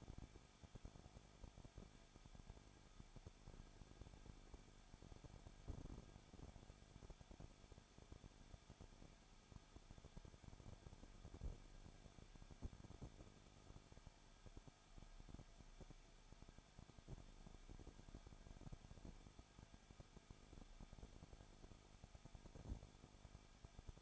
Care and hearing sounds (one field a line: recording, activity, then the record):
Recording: daily activity, microphone in the room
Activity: no activity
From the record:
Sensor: 5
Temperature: 20.9 degrees Celsius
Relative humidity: 35.1%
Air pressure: 994.6 hPa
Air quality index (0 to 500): 154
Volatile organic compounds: 2 ppm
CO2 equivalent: 1283 ppm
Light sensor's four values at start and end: 2/3/1/1 and 2/3/1/1